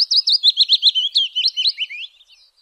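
Willow warbler song, a rapid run of sweet whistled notes descending steadily over about two seconds before trailing off.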